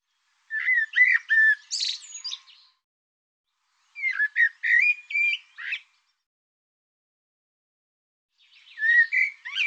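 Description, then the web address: Bird giving three jumbled phrases of squeaky, whistled and harsh notes, with quiet gaps between them. Sound labelled "Tu Me Tu Me". "cianscape birddata Deverinetal 2025 Bird Tu Me Tu Me"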